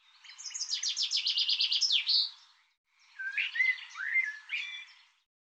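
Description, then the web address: Bird song opening with a fast trill of repeated high notes ending in a down-slur, then after a brief pause a phrase of whistled slurred notes. Recording cleaned and normalized; bird labelled 'Tu Me Tu Me'. "cianscape birddata Deverinetal 2025 File cleaned normalized Bird Tu Me Tu Me"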